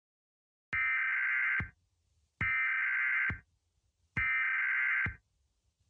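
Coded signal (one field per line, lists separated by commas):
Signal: Emergency Alert System (SAME) tones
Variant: header bursts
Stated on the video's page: Simulated EAS scenario for a radioactive hazard, hastily made with many mistakes.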